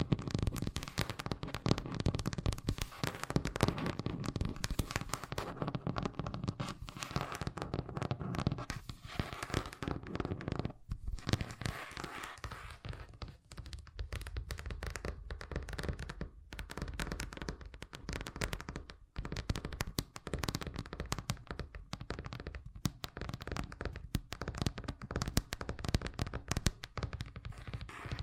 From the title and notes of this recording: ASMR Braingasm Inducing Fast Tapping (No Talking).